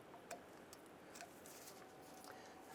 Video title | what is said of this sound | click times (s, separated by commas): How to Replace Upper Ball Joint 2015-2020 Cadillac Escalade | snap ring is secured our ball joint is installed | 0.3 s